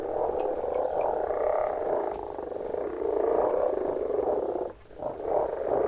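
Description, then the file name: Loud, steady frog chorus of buzzy, pulsed croaks with overlapping callers and one short lull near the fifth second. "Frogs - Frog voises Sounds captured"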